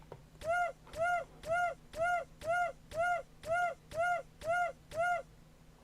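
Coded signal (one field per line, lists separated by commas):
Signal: none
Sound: game sound effect beeps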